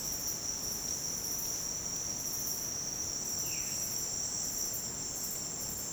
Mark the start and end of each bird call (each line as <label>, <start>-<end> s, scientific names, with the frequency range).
Cyanocorax violaceus (1.6-3.7 kHz), 3.43-3.79 s